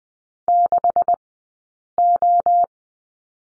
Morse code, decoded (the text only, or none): 6O